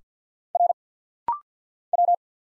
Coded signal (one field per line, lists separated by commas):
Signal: Morse code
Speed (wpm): 50 wpm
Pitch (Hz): 700 Hz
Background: none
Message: R W